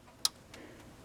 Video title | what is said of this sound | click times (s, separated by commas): Replace Oil Pressure Sensor Dodge Caravan 2011 2012 2013 2014 2015 2016 How to Sending unit P0520 | so now we take the clip and we're going to push it back on and we're going to push till we hear it click | 0.2 s